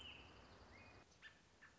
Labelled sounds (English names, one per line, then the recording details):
American Robin
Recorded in Sonoma County, California